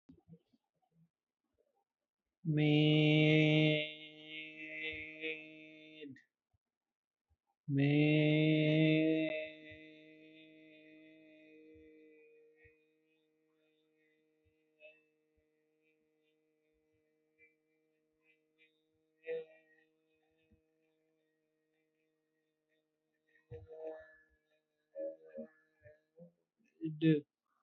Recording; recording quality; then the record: sustained vowel as in made; excellent, no background noise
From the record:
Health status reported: healthy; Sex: male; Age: 21 years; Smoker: yes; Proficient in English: yes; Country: India